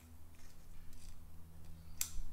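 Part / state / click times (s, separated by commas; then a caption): retaining snap ring into the groove of a suspension fork air spring / seated / 2.0 s. A metal retaining snap ring is fed, end without the riser first, into the stanchion of a 2019 Fox 36 suspension fork air spring and pushed fully in, with a steady low hum and faint scraping underneath. A single sharp, loud click at 2.0 s marks the ring snapping into its groove, seated.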